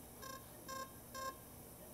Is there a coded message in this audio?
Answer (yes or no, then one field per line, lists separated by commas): no